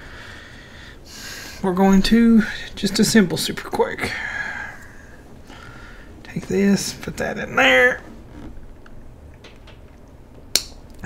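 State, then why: Seated. A plastic model-kit part is pressed into its joint socket while someone talks, and it gives a sharp pop at 10.6 s. The part seats in the joint and is then swiveled.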